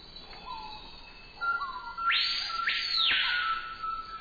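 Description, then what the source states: Screaming piha cry: a loud whistled phrase that rises sharply and ends in a ringing downslur, over steady tonal whistles in the background. Amazon; colorful cry of a surprisingly drab bird.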